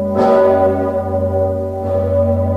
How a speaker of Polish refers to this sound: Dźwięk dzwonu Zygmunta oznajmił w Krakowie nadejście nowego roku. Najsłynniejszy dzwon w Polsce był słychać przed 10 przez 8 minut. Wraz z uderzeniami dzwonu z Wawelu wysyłamy życzenia dla całego świata